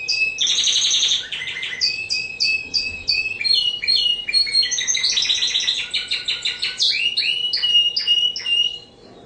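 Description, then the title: Spanish Timbrado canary song: a loud, continuous run of rolling trills and metallic notes, with fast repeated chips and rattling phrases throughout, ending abruptly near the close. Lively song with long rolling phrases. "Kenari Spanish Timbrado Gacor Ngerol Panjang"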